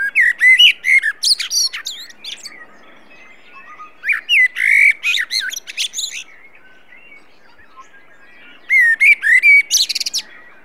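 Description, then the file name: Common blackbird song, rich whistled notes running into shrill twittering flourishes, in several phrases with a longer quiet gap before the last. "Turdus merula"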